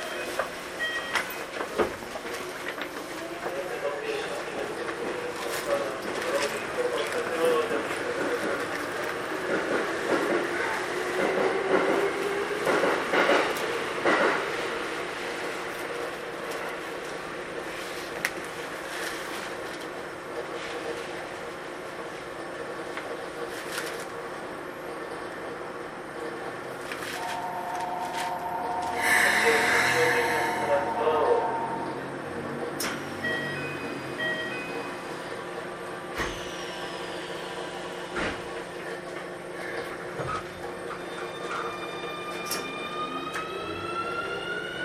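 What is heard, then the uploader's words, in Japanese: A Keikyu New 1000 series aluminum train runs between Yokohama and Misakiguchi, with a steady, dense rumble and frequent clicks from the rails. Around the thirty-second mark a loud burst with held tones rises, and near the end rising motor whines sweep upward. 京急新1000形(アルミ車) 横浜〜三崎口。車体はアルミニウム合金製。VVVFインバータ制御装置は、1・2次車では2100形と同じくGTOサイリスタ素子によるドイツ・SIEMENS社製を採用、3～5次車では同じシーメンス社製であるが、使用素子はIGBTに変更され、純電気ブレーキも搭載。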